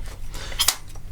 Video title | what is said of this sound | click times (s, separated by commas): Milsig 2013 MKIII Paradigm Pro Mag-Fed First Strike Paintball Gun Review & Shooting | there heard it click it's good to go make sure it's screwed in enough where you can both read the gauge | 0.7 s